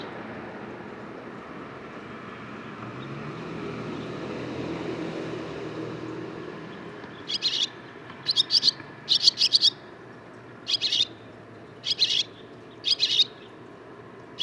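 Barn swallow song: after a noisy first half, clusters of high scratchy twittering notes appear over low background rumble.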